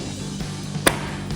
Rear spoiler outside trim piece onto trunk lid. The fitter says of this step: You'll hear a nice snap just like that and then it's nice and on.